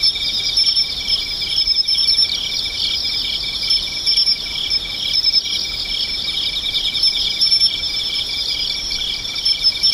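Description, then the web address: Insects trilling steadily at high pitch, several shrill bands blending into one bright chorus with a quick regular ticking pulse underneath. "cats nishikawa 201110 mushinokoi"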